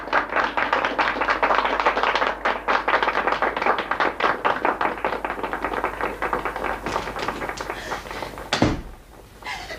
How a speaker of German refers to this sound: Beifall, Luba, mein Täubchen, Beifall für dich.